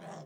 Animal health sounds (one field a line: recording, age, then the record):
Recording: pig call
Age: piglet (1 to 25 days)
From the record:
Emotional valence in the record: negative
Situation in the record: long isolation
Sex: male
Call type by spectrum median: low-frequency call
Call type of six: low-frequency stable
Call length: 0.26 s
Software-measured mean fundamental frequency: 57 Hz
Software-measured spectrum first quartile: 284 Hz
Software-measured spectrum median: 624 Hz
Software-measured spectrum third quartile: 1130 Hz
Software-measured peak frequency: 171 Hz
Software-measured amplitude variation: 75 dB a second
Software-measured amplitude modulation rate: 21.5 a second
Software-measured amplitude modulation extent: 3.5 dB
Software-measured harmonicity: 2.1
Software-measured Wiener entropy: -0.39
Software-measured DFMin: 1105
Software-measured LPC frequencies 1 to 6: 699, 1681, 3247, 5517, 6740, 7456 Hz